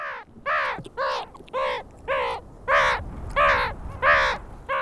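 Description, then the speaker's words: Meerkat alarm calls: harsh, nasal barks rich in harmonics, repeated about every 0.6 to 0.7 seconds, several in a row. Alarm calls used to warn one another when dangerous predators approach; savannas and semi-deserts of southern Africa. "Mit solchen Rufen warnen sich Erdmännchen, Kleinräuber in den Savannen und Halbwüsten des südlichen Afrika, wenn sich gefährliche Fressfeinde nähern."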